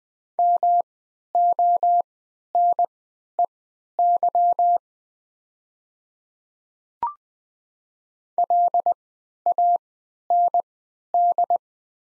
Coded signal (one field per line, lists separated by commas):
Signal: Morse code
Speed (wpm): 20 wpm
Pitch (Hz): 700 Hz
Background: none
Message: MONEY LAND